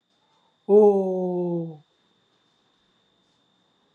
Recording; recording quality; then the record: sustained vowel as in boot; excellent, no background noise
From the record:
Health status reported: healthy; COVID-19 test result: not tested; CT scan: not taken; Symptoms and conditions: none ticked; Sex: female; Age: 51 years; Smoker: no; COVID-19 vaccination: both doses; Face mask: not worn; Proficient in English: yes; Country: India